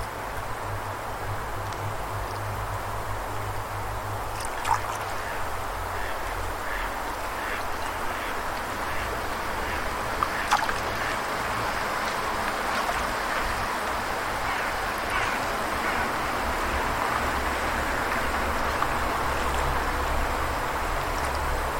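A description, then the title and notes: Steady outdoor ambience of wind and water, with a dense rushing wash throughout and a low rumbling hum underneath that shifts in level. Brief faint clicks and chirps poke through around five, ten and fifteen seconds. Ambient Music and Melodic Sounds of Wind, Birds, Water, and Frogs.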